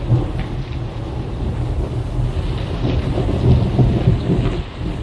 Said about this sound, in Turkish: Yağmura bakın. Ne kadar şiddetli yağıyor böyle. Gökyüzünden sel boşandı sanki.